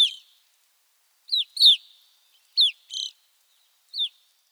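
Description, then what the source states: Evening grosbeak calls: clear, high, downslurred single notes, some doubled, given every second or so with silent gaps between them. Western form; call notes.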